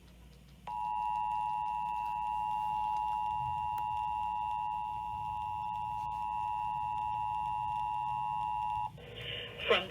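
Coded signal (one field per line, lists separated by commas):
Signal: Emergency Alert System (SAME) tones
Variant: 853 and 960 Hz attention tone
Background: speech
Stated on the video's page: Required Monthly Test received on Comcast cable and four other broadcast stations, two FM and two TV.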